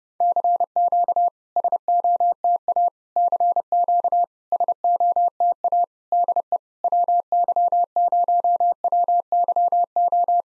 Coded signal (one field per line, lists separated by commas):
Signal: Morse code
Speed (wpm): 30 wpm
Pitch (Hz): 700 Hz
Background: none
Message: CQ SOTA CQ SOTA DE WY0WYO